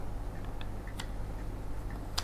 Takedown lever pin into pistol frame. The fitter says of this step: แล้วก็บิดนี่บิดให้เข้าล็อคนี่คือเรียบร้อยนะครับโอเคเดี๋ยว